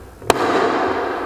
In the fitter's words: the tags and snap in place I'm